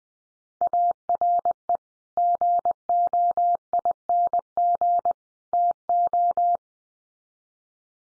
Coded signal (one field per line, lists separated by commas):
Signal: Morse code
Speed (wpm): 20 wpm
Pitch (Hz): 700 Hz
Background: none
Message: ARE GOING TO